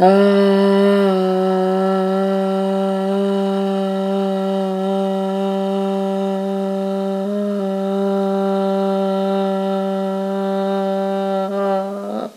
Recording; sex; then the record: sustained vowel /a/; female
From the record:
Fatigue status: fatigue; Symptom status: symptomatic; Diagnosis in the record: COVID-19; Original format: m4a